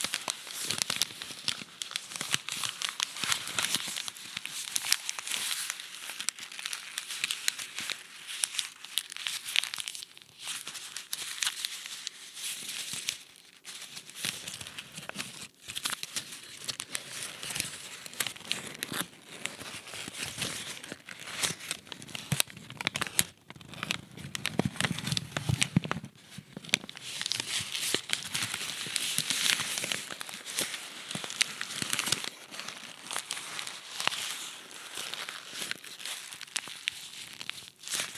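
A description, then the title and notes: Paper being crumpled and crinkled, with dense, irregular crackles and rustles running through the whole recording. The sound is bright and crisp, thickening into busier bursts around the middle and again near the end, with a brief low thump near 25 seconds. ASMR Crumbling Paper.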